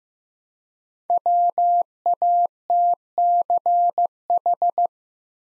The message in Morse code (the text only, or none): WATCH